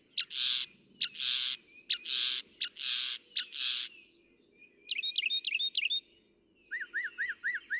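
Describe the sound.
Northern mockingbird song: loud raspy notes repeated five times, followed by a quick stuttering phrase, then a run of short chips.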